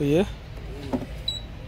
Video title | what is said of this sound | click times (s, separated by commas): Maine Vida V1 pro 2024 electric scooter online(amazon and Flipkart)Kaise kharida all details video | lock हो जाएगा गाड़ी की light बसे हैंडल लॉक वगैरह हो जाता है इसके अंदर य अंडर लॉक हो गया है | 1.3 s